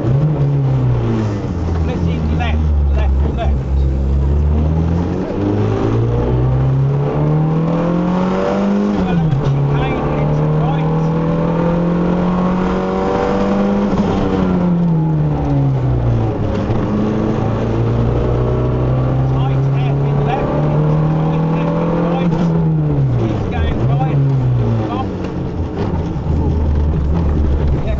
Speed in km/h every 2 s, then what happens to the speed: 24, 19, 39, 60, 72, 87, 92, 52, 58, 69, 63, 42, 26, 23.
2-12 speeds up to 92. 12-14 brakes to 52. 15-18 speeds up to 69. 20-28 brakes to 23.